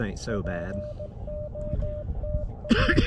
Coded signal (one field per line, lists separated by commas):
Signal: Morse code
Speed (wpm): 17 wpm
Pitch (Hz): 600 Hz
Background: speech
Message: POTA